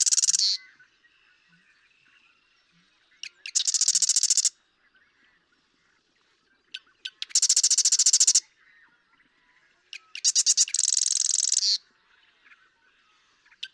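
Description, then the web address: Marsh Wren singing repeatedly: four bursts of rapid rattles separated by pauses of a few seconds, most introduced by dry ticking notes. "birdsongforthecurious Marsh Wren"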